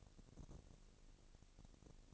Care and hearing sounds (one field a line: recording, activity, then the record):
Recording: daily activity, microphone in the room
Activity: no activity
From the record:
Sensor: 4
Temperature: 22.5 degrees Celsius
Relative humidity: 33.4%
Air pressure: 999.7 hPa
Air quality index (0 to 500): 231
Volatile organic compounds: 20 ppm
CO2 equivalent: 2705 ppm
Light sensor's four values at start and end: 2/3/1/1 and 2/3/1/1